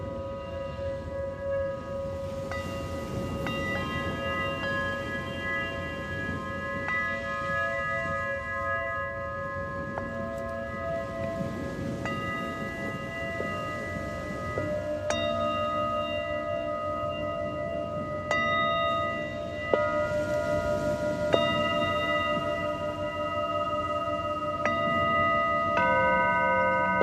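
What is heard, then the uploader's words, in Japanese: Singing bowls ring in a sound healing session, their long, steady tones layering and overlapping throughout. New strikes arrive every few seconds, adding bright, shimmering overtones above a low, soft hum. Sharper, lighter strikes stand out near 20 and 21 seconds. 秋分メキシコから シンギングボウルのサウンドヒーリング。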